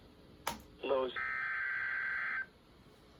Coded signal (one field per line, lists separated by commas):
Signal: Emergency Alert System (SAME) tones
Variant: header bursts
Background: speech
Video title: EAS 269 - Severe Thunderstorm Warning